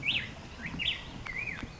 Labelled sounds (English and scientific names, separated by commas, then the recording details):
Black-headed Grosbeak (Pheucticus melanocephalus)
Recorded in Sonoma County, California